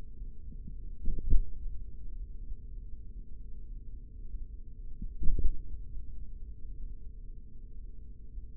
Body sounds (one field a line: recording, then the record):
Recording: forearm muscle sounds (acoustic myography)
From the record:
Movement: tripod grip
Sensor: system 3, bracelet of six PUI Audio POM-2738L microphones around the upper forearm, with dedicated amplification and filtering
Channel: 3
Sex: male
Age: 56 years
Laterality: right